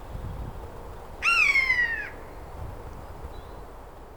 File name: Garrulus glandarius